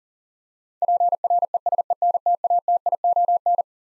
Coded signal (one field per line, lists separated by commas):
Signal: Morse code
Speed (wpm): 38 wpm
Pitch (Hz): 700 Hz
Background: none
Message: PRESENTATION